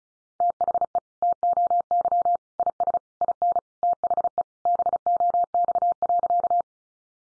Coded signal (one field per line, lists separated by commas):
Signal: Morse code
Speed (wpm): 34 wpm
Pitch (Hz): 700 Hz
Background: none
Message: THE TOY IS IN THE BOX.